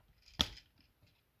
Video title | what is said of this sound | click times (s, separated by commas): Transformers Generations Selects: G2 Megatron | undo those snap | 0.4 s